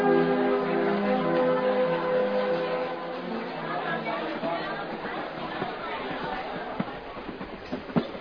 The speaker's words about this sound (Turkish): Gelen 36 sayılı tren Cenova garına girmiş bulunmaktadır. Evet, Morris'i getiren tren yanaştı işte.